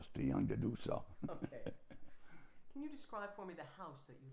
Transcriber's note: chuckles